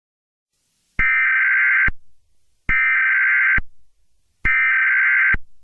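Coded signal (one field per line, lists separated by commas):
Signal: Emergency Alert System (SAME) tones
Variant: header bursts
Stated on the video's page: Fictional EAS scenario, simulated alert.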